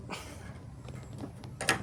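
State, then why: Not seated. The metal hood of a Ford Ecosport SUV with a stuck hood latch is handled and lowered toward its front latch, with soft mechanical rattles and knocks, and two sharp knocks near 1.6 s and 1.7 s. The hood has not yet seated or clicked into the latch.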